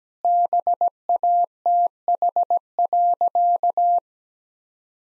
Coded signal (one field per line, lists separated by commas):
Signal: Morse code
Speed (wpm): 17 wpm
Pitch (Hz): 700 Hz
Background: none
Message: BATH.